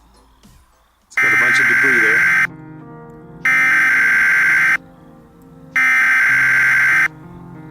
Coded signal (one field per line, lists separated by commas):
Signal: Emergency Alert System (SAME) tones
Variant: header bursts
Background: speech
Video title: 3 MINUTES - An EAS Scenario